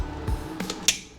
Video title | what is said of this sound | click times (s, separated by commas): Home EV Charger Review: AUTEL Maxicharger Lite 40A EVSE | Snaps into place and makes a nice easy connection. | 0.9 s